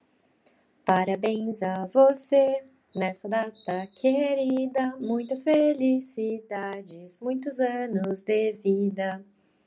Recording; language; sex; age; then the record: short text; Brazilian Portuguese; female; 20 to 29 years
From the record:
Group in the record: control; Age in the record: 22 years